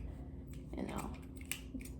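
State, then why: Seated. Someone talks as the plastic slider on a blood glucose lancing device is pulled back to cock the spring-loaded lancet holder. A sharp click at 1.5 seconds marks the spring mechanism latching, and the slider is confirmed seated in the cocked position.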